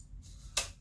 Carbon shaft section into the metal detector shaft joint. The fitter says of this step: course it locks into place then again happy